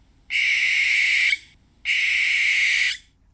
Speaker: And now, the sound of a barn owl.